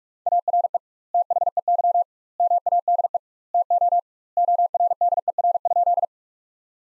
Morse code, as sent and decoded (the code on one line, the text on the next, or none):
.- .-. . / - .... . -.-- / -- .- -.. . / - --- / --- .-. -.. . .-. ..--..
ARE THEY MADE TO ORDER?